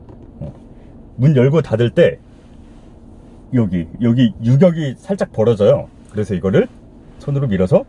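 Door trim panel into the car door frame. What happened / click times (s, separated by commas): Handled only, no seating click yet / none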